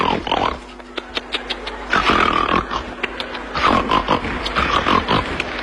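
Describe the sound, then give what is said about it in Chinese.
A man imitates the loud pig-like snoring of someone asleep in a dump truck, a series of rough, grunting snorts in irregular bursts, each rasping and nasal, repeated several times with short pauses between. “你睡得跟死猪似的， 呵， 嘴里流着哈喇子 啊， 鼻子上趴着仨苍蝇 哟， 还打着呼噜， 这叫什么形象？”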